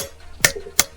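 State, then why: Torque reached. A click-type torque wrench makes the final tightening pass on a cylinder head bolt of a Suzuki SV1000N motorcycle engine, going from 35 to 55 N·m. A sharp metallic transient sounds at about 0.4 s, and the wrench clicks at its setting at 0.8 s, confirming the bolt reached torque. If the wrench does not click, the screw must be changed because the thread will fail.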